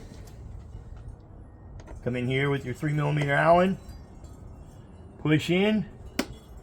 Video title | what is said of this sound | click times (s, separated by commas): CAN-AM RYKER GAS TANK COVER ACCENT PANELS | turn counterclockwise, you'll hear it pop. There you go, just removed it. | 6.2 s